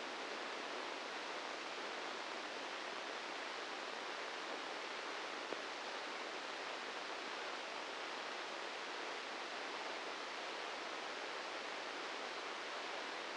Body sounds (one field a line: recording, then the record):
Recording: brain microelectrode recording played as sound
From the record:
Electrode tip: inside the subthalamic nucleus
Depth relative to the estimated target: 0 mm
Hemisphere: right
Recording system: NeuroSet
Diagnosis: Parkinson's disease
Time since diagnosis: 13 years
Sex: male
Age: 66 years